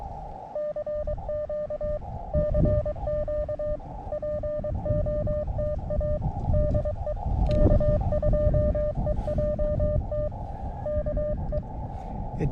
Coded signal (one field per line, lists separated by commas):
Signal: Morse code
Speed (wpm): 22 wpm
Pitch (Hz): 600 Hz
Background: none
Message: CQ CQ POTA DE K2EJT KE